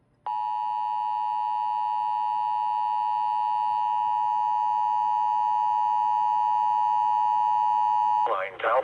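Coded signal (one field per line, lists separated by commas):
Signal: Emergency Alert System (SAME) tones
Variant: 853 and 960 Hz attention tone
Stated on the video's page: Fisheries Statement relayed on a radio station through a BURK relay.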